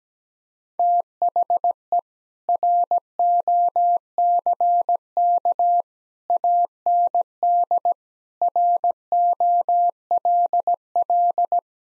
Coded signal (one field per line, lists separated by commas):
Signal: Morse code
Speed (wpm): 17 wpm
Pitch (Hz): 700 Hz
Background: none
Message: THE ROCK AND ROLL